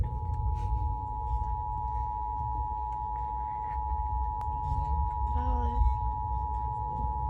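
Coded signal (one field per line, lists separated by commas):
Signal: Emergency Alert System (SAME) tones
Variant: 853 and 960 Hz attention tone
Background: speech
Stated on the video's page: EAS severe thunderstorm alert heard off an FM transmitter.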